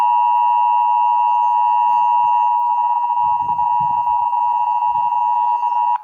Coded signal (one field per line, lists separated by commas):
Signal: Emergency Alert System (SAME) tones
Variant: 853 and 960 Hz attention tone